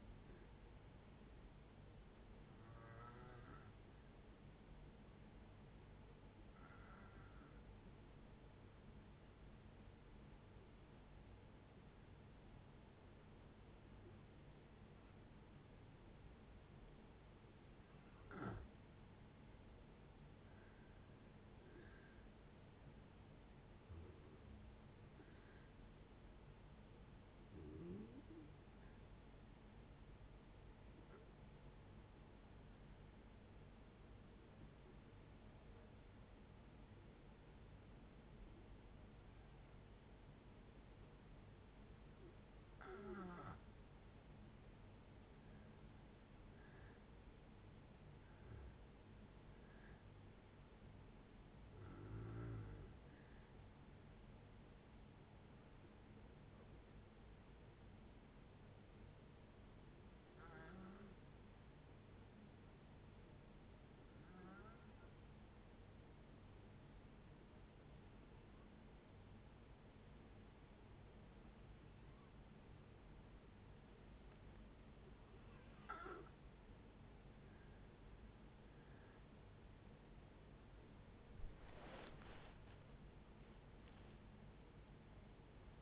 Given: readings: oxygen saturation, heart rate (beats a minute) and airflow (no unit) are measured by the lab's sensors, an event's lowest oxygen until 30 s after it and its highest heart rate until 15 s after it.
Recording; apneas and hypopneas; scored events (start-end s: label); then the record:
breathing in sleep by a voice recorder at the bedside; 3
3.00-18.30 s: hypopnea (N2, oxygen 94% highest, then 89% lowest, heart rate 75 at the start, 76 highest)
31.00-48.10 s: hypopnea (N2, oxygen 95% highest, then 89% lowest, heart rate 72 at the start, 73 highest)
54.00-79.20 s: hypopnea (N2, oxygen 95% highest, then 85% lowest, heart rate 73 at the start, 81 highest)
From the record:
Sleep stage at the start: N2 (light sleep); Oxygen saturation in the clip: 87 to 95%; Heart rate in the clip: 62 to 80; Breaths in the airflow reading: 21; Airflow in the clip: -12.6 to 14.0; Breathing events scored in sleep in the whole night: 496 in 5.4 hours asleep